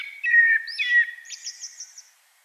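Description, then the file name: Common blackbird song: a short, mellow whistled warble that runs into a thin, high, squeaky twitter. "Turdus merula"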